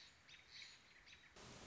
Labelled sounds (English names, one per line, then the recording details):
American Robin
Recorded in Sonoma County, California